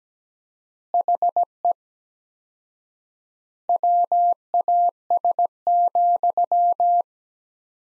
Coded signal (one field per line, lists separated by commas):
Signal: Morse code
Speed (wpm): 17 wpm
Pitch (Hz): 700 Hz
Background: none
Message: HE WAS,